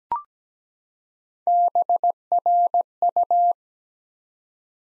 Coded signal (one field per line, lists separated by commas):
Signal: Morse code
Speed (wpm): 17 wpm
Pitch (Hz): 700 Hz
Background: none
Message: BRU